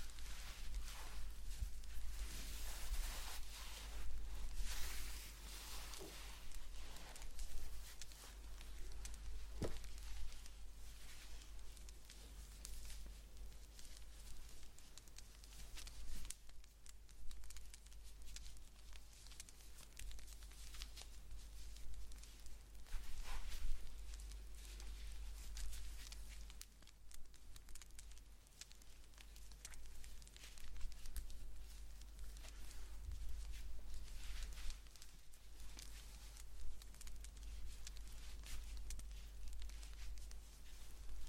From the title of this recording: ASMR Blanket Knitting